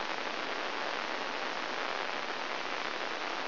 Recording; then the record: brain microelectrode recording played as sound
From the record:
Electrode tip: inside the subthalamic nucleus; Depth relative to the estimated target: 0 mm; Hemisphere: left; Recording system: AlphaMap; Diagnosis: Parkinson's disease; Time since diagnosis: 20 years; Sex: female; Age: 65 years